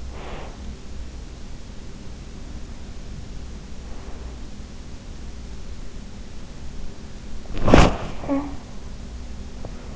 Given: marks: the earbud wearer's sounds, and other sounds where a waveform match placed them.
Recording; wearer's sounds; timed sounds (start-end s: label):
sounds in sleep by an in-ear microphone; breath, body movement, talking in sleep
0.00-0.91 s: breath
7.51-8.09 s: body movement
8.09-8.71 s: talking in sleep